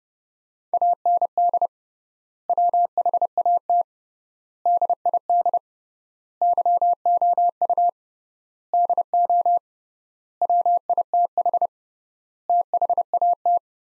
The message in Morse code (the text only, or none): AND WHAT DID YOU DO WITH THAT